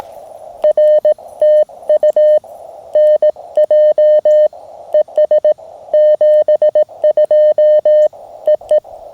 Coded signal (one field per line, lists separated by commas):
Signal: Morse code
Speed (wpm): 18 wpm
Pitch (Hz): 610 Hz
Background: none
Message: RTU NJ ES 72 EE